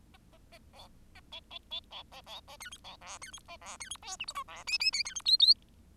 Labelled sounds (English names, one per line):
Bengalese Finch song